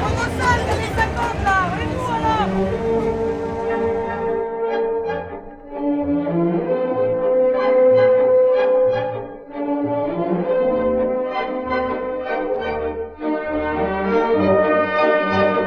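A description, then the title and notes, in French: A street parade in Belleville with loud brass-like tones and a steady pumping bass beat, crowd voices and noise dense in the opening seconds. Parade anti G8 - G20 joyeuse et déjantée à Belleville. Ici à Belleville, une manif haut en couleur contre les diktat sécuritaires et économiques des dirigeants du monde !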